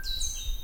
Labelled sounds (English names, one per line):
Stitchbird song